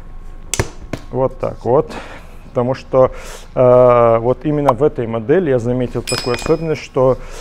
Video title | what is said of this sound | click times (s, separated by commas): Стильная, маневренная и мягкая коляска Pituso Wicki | самое важное чтобы вы довели всю конструкцию до щелчка | 0.5 s